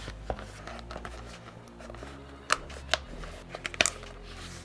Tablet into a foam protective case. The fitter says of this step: and yeah it snaps right in pretty easily here